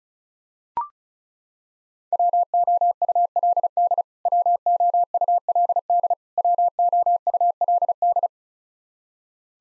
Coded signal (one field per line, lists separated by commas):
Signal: Morse code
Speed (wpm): 34 wpm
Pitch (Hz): 700 Hz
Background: none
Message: WOULD WOULD WOULD